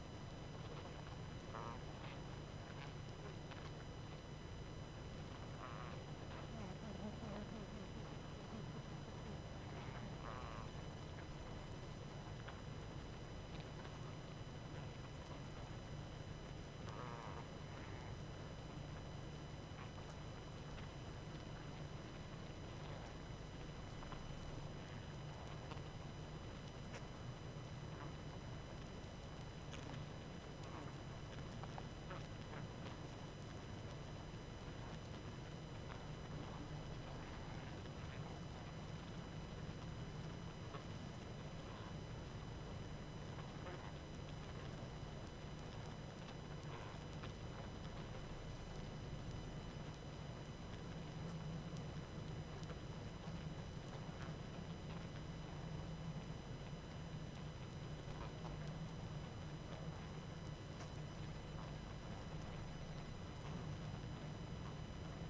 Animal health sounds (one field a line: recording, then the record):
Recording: honeybee colony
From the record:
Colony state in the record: active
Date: 12 June 2018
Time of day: 20:48